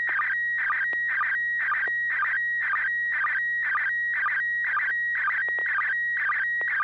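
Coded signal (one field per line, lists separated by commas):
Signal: SSTV (slow-scan television)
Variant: PD120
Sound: warbling whistle with a rhythmic chirp about twice a second, steady tone between bursts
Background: low hum, radio hiss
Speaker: Yes, you have tone now. Over. PD 120.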